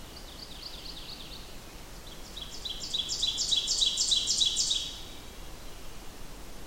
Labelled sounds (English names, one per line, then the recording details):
Ovenbird song
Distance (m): 25 m
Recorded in boreal forest in Alberta, Canada, on 14 June 2016 at 07:15
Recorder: SongMeter 3, array SBT-3-33
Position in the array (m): 285 m, 289 m
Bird 22